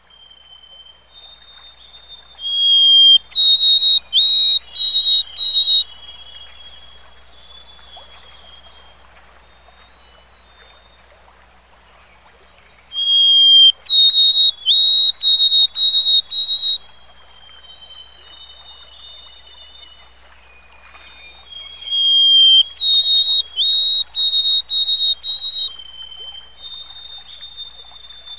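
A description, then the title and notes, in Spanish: Field recording at Loon Lake: a bird sings three bright, high phrases of rapid repeated notes, near 2–6, 13–17 and 22–26 seconds. Between phrases there is a quieter wash of trickling sound and a faint steady low hum. Fonografias_Lago_Loon.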